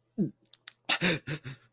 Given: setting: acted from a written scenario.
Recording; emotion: vocal sound without words; fear